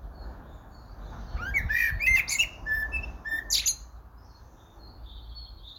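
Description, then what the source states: Eurasian blackbird singing a short burst of warbled, slurred whistles that ends in high twittering, over a steady low rumble of background noise. Recorded in Cambridgeshire.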